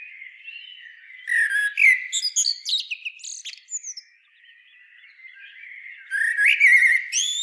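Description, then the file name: Common blackbird song: a long melodious phrase of fluty notes and squeaky flourishes, a pause, then a rising phrase ending in fast trilled high notes. "Turdus merula"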